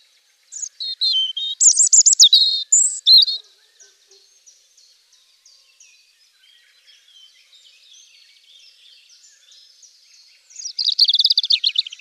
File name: Jeanchr Rochechr-chr Rougegorge